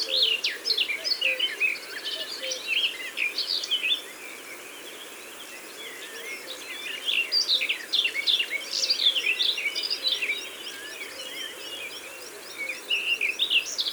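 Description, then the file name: Garden warbler song, extended passages of fast, mellow warbling separated by a short pause, with a faint ticking trill late on. "Fauvette des jardins ABC des chants doiseaux"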